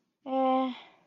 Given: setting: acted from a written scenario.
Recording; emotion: vocal sound without words; neutral